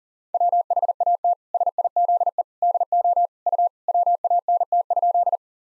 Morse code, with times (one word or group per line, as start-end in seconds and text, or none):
0.3-1.3 WHAT
1.5-2.4 SIZE
2.6-3.3 DO
3.5-3.7 U
3.9-5.4 WANT?